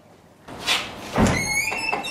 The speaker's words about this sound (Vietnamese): Khoan, mở cái cửa ra tối thui luôn. Wow. Này, cho các bạn coi cái cửa.